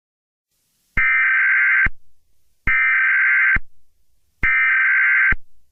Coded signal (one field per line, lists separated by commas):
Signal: Emergency Alert System (SAME) tones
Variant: header bursts